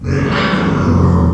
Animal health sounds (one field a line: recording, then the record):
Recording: squeal of a Yucatan mini pig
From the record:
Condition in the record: after surgery on the right vocal fold (resection and tissue-engineered implant)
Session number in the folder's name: 15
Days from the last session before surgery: 175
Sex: female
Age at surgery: 19 weeks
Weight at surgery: 25 kg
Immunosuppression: prednisolone